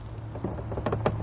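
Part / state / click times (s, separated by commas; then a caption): portable toilet upper section onto waste holding tank / seated / 1.1 s. Make: Dometic portable camping toilet. The plastic upper half is pushed down onto the waste holding tank with soft rubbing and knocks, then a sharp latch snap at 1.1 s. The top is seated and cannot be lifted off.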